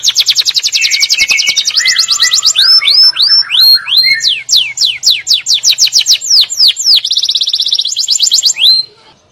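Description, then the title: Atlantic canary song, loud and energetic: dense trills, repeated swooping notes and buzzy rolled phrases running almost without a break. "Kenari"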